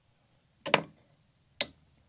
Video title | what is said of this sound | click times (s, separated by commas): Adding Off-Grid Power by Installing the BLUETTI EP800 and B500 Batteries! | in between the handles and we'll lock the bottom one in place wait for the click | 1.6 s